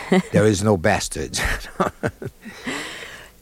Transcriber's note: laughter